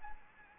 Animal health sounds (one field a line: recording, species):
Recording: mosquito wingbeat signal from an infrared sensor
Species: Anopheles arabiensis